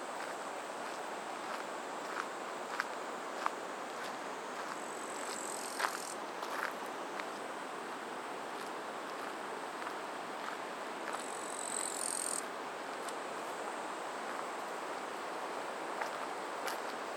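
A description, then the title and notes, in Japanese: A steady, dense rush of flowing water fills the whole stretch, even and unbroken. A thin, high cicada buzz rises briefly around five to six seconds and again near eleven to twelve, while scattered soft taps and knocks sound. 爽やかな朝、土手道を歩こう。滝のように流れ落ちる「堰」を目指して歩きます。蝉の声から、徐々に流れ落ちる水の音に変わる。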